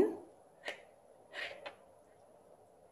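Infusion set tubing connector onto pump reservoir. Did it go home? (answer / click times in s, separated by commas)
no / none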